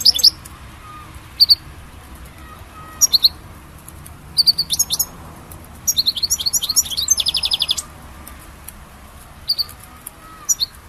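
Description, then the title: European goldfinch giving scattered short high chirps, then a burst of rapid tinkling twitter and buzzy trill around the middle. "Chant Chardonneret"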